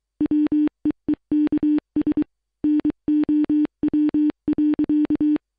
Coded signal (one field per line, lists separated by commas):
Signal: Morse code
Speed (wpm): 23 wpm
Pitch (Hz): 300 Hz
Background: none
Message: WEEKS NOW.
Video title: 0ktober Sos SOUND Effect